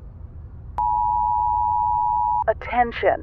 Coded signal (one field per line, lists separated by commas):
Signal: Emergency Alert System (SAME) tones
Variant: 853 and 960 Hz attention tone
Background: speech